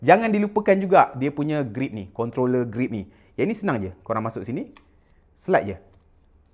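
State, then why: Not seated. A man talks while a plastic controller grip is handled to be slid onto a vivo X300 Pro smartphone from a photographer kit, where it is meant to lock in place. Only speech is heard, with no clicks or impacts. Nothing has seated or clicked yet.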